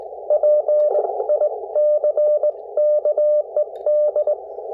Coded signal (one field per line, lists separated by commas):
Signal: Morse code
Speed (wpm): 18 wpm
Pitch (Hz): 600 Hz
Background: none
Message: PICKED